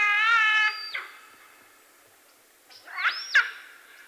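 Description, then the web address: Giant otter calls: a steady harmonic wail, then a pause, followed by a cluster of short sweeping squeals. South American rainforest mammal. "Natures Songs S America Mammals of the Rainforest Giant Otter"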